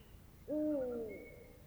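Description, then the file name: Eurasian eagle-owl with one low, mellow hoot that sags in pitch toward its end; a thin high tone lingers faintly afterward. Male hooting. "Eurasian Eagle Owl Devils Cackles Of Female Hooting Of Male"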